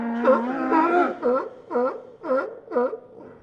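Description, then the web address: Sea lions barking in a run, several overlapping at first, then rhythmic honking barks about twice a second fading toward the end. A group of sea lions barking. "fvtt-sonniss-gdc-audio sea-lion-bark-group"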